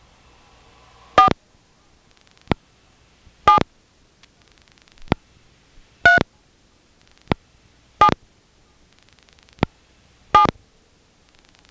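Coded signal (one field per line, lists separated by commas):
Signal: DTMF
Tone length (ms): 120 ms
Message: 4 7 3 7 7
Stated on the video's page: Tones from an independent step-by-step telephone exchange still in service.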